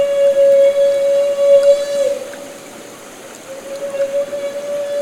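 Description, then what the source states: Humpback whale feeding call: a long, steady, droning tone with rich harmonics that holds throughout, fading midway and swelling again. Call made during bubble-net feeding.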